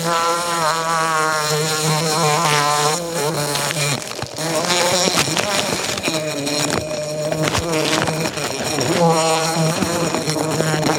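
Bumblebee droning buzz, continuous and low, its pitch gently wavering throughout with a brief drop in loudness near the middle.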